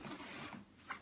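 Someone works the harness height adjuster at the back of a Britax Evolva child car seat, being converted from high back booster mode to harness mode, lowering the harness and headrest for a smaller child. There is steady rubbing and scraping for about the first 0.6 s, then a quieter stretch with one brief brighter knock near 0.9 s. The adjuster has not clicked into place yet.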